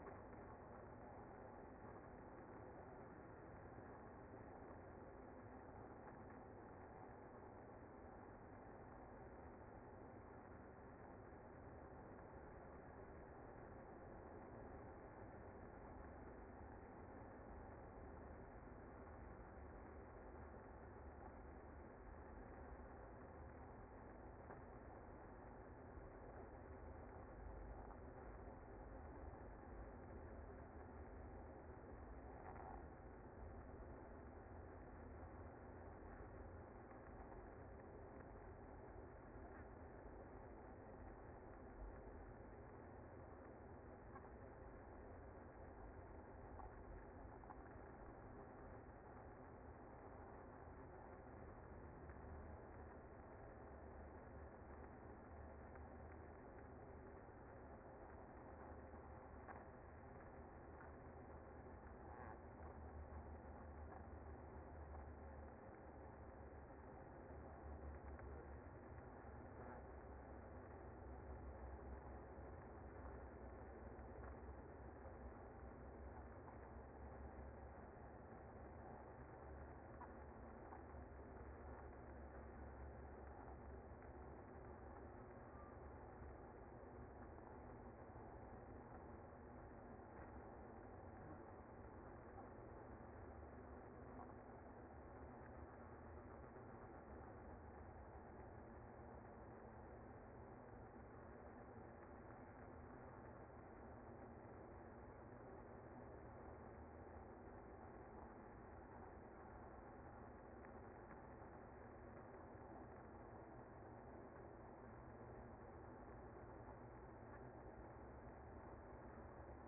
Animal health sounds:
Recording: honeybee colony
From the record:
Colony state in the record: active

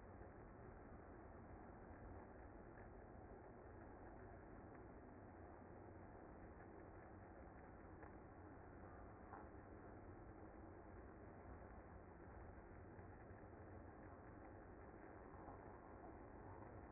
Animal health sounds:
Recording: honeybee colony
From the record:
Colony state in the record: active

